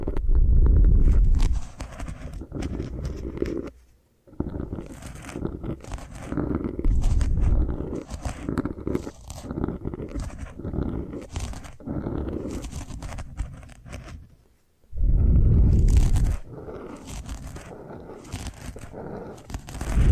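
Hair washing and brushing sounds fill the clip with dense, crackly scrubbing and rustling, broken by repeated bright bristle strokes roughly every second. Heavier, lower rubbing swells open the clip and return near 15 seconds, with two brief silences around 4 and 14.5 seconds.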